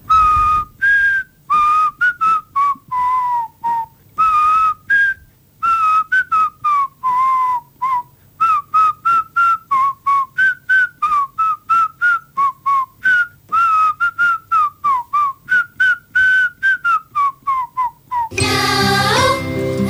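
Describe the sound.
Alexis Tsipras whistles a melody in the corridors in Brussels during negotiations, a long run of short, clear notes, rising and falling in pitch with brief gaps between phrases, ending with a burst of noisy sound.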